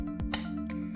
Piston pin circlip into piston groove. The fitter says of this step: you he the click